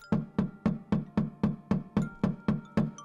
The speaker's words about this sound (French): À 23h30, ce 29 mai 1968, on venait de frapper à la porte de l'auberge de Grosboules-les-Bains où quelques villageois apprenaient avec stupeur le départ du général.